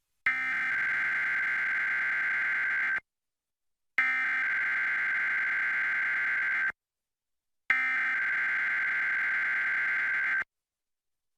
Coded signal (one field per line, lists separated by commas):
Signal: Emergency Alert System (SAME) tones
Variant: header bursts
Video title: TSUNAMI WARNING FOR ALL OF HAWAII ON KGMB-TV (7/29/2025) (EAS #185)